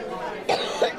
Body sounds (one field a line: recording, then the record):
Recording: coughing mixed with background sound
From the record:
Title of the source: choking, hacking coughing